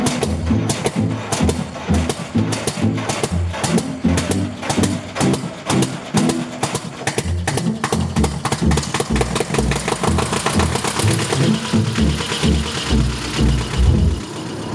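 A tractor engine chugs steadily with a loud, rhythmic knocking beat, its low pulses growing quicker and denser toward the end as the engine revs up.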